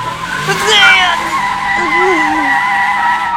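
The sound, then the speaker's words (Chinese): A car brakes hard as the driver suddenly slams on the brake, with a loud, sustained tire squeal, high screeching tones wavering over a rumbling engine for about three seconds. “袁子峰猛地一脚踩了刹车，谢料东因为惯性直往前一磕，脑门撞上挡风玻璃，发出一声惨叫。”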